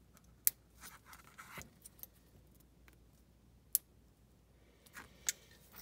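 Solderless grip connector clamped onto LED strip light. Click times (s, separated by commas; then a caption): 0.5 s, 3.8 s. Pliers squeeze the plastic lid of a solderless grip connector down onto an LED strip light's solder pads. Two sharp, loud clicks at 0.5 s and 3.8 s mark the lid snapping shut, with quieter handling scrapes and a later tap in between. The connector is seated on the strip.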